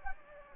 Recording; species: mosquito wingbeat signal from an infrared sensor; Anopheles gambiae